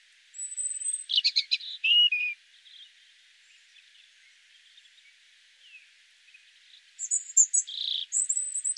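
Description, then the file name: European robin singing two short phrases of high, thin whistles and quick trills, separated by a long pause. "Erithacus rubecula"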